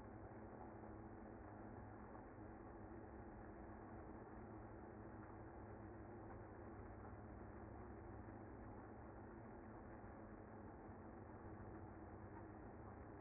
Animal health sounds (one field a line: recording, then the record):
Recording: honeybee colony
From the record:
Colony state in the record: active